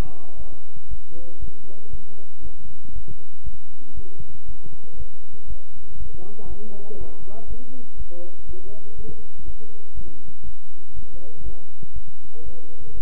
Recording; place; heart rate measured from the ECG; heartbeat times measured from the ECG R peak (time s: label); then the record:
heart sounds by stethoscope; between the tricuspid and mitral areas; 119 bpm
0.37 s: heartbeat
0.89 s: heartbeat
1.40 s: heartbeat
1.91 s: heartbeat
2.42 s: heartbeat
2.93 s: heartbeat
3.44 s: heartbeat
3.95 s: heartbeat
4.46 s: heartbeat
4.97 s: heartbeat
5.48 s: heartbeat
5.98 s: heartbeat
6.48 s: heartbeat
6.99 s: heartbeat
7.48 s: heartbeat
7.97 s: heartbeat
8.47 s: heartbeat
8.96 s: heartbeat
9.45 s: heartbeat
9.95 s: heartbeat
10.45 s: heartbeat
10.94 s: heartbeat
11.44 s: heartbeat
11.94 s: heartbeat
12.44 s: heartbeat
12.95 s: heartbeat
From the record:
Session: bicycle stress test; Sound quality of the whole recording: good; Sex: male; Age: 23 years